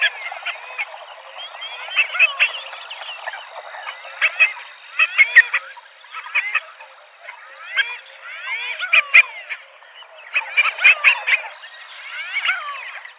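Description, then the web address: Common pochard males giving soft rising whistled calls, many overlapping in repeated bursts, from several birds at once. "Schulze Peter Common Pochard males"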